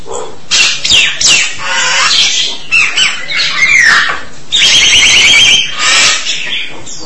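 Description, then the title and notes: Starling song mixing harsh squawks, slurred whistles and a fast rattling trill of repeated notes in the middle, with brief gaps between phrases. "suara burung jalak"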